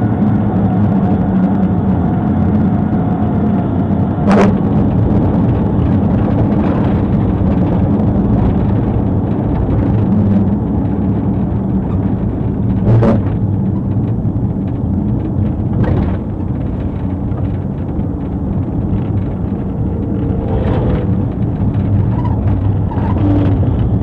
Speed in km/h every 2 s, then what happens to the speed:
118, 114, 111, 98, 84, 68, 63, 63, 66, 69, 71, 71.
0-12 brakes to 63. 12-20 speeds up to 71.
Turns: 9-19.